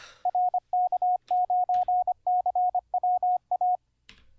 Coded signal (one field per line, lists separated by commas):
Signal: Morse code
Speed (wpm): 24 wpm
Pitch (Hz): 720 Hz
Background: radio noise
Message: RK9CWA